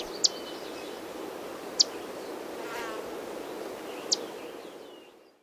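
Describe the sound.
Grace's warbler call notes: three sharp, very high chips, widely and unevenly spaced, over steady background noise.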